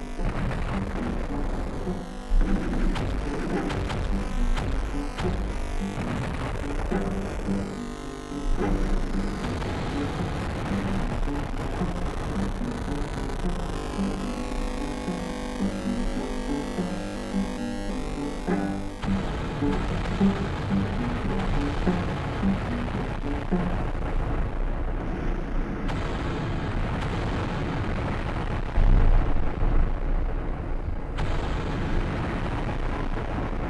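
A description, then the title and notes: A beach battle scene with bombs and gunfire, a dense low rumble throughout, shifting around nineteen seconds, with a loud blast near twenty-nine. The beach, bombs, parachutes, gunfire and a song.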